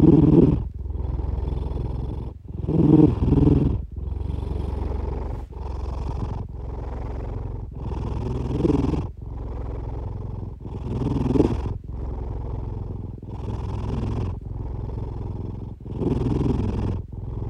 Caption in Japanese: ねこの日常 お兄ちゃん(ネコ)のイビキ。 お兄ちゃんのイビキです！ キジトラ猫を想像しながらお聞き下さい♪。